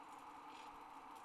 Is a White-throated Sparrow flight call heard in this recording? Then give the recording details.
no. No flight call is heard. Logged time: 03:34 on 30 November 2014